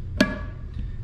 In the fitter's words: got a good solid click